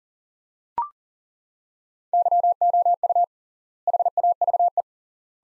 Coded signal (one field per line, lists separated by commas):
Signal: Morse code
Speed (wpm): 40 wpm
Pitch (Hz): 700 Hz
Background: none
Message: YOU HAVE